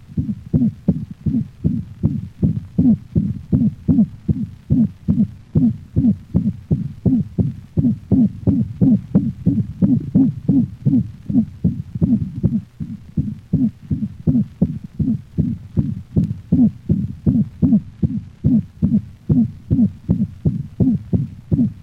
Another variation of the systolic hoop. Hoop varies in frequency and may alternate with the more common mixed holosystolic murmur of mitral insufficiency.